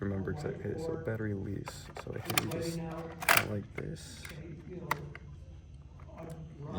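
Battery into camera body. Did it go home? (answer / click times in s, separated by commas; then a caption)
yes / 5.2 s. A film student inserts a battery into a cinema camera's battery slot, next to the battery release, while someone talks. A short, sharp click is heard at 5.2 s as the battery seats into the camera body, confirmed clicked into place.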